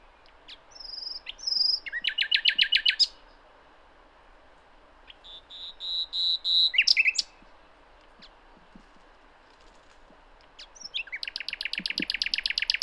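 Common nightingale song in three separate phrases of whistled notes and fast rattling trills, with quiet gaps between.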